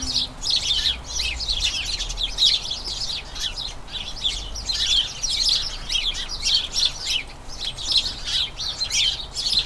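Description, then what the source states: House sparrows chirping: nearly continuous bubbling chatter from many birds, high and energetic throughout. Colony of about a dozen house sparrows chattering incessantly in a small front garden as crocuses bloom; excited chatter before the breeding season.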